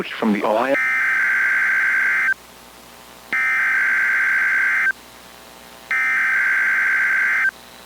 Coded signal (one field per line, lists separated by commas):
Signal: Emergency Alert System (SAME) tones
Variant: header bursts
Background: speech